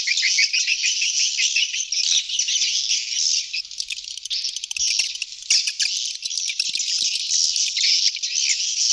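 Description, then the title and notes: Swiftlet twittering, a steady high chorus of buzzy chirps with light rapid ticking in the middle. Sound used in swiftlet farming, Asia. "Swiflet Bird Sound. Farming Swiflet Bird asia sound"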